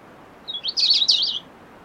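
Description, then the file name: European robin song: a single short, high, tinkling phrase of rapid jumbled notes lasting about a second, over soft background hiss. "Erithacus rubecula"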